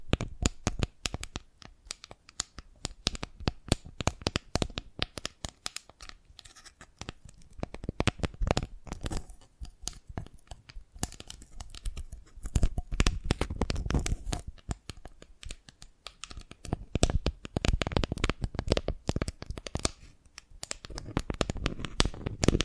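Dalgona candy is tapped and cracked in a dense, irregular stream of sharp little clicks and snaps that runs the whole 23 seconds without pause. The crackling swells into louder, busier bursts around 12–15 and 17–20 seconds, with scratchy scraping mixed between the taps.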